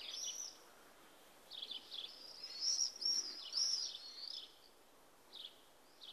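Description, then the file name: Common swift giving thin, piercing screams: a short burst at the start, a longer rolling run of overlapping screams midway, then two brief bursts near the end, with soft hiss behind. "Tornseglare"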